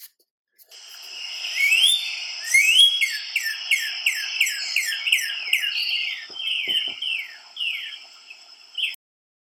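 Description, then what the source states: Northern Cardinal song: a quick run of many clear, downslurred whistles. Song said to sound like 'birdie, birdie, birdie' or 'cheer, cheer, cheer'.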